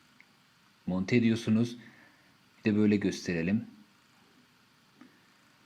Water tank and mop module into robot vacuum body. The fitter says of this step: kaldırmanıza gerek yok yerde çıt diye böyle oturuyor şöyle tekrar takalım